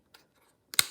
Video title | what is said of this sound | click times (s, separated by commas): La désinfection chez STANHOME | lorsque vous la remettez petit clic et du courrier j'appuie et rien ne sort donc ça c'est une sécurité pour les enfants | 0.7 s, 0.8 s